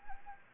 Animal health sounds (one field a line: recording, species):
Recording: mosquito wingbeat signal from an infrared sensor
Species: Anopheles arabiensis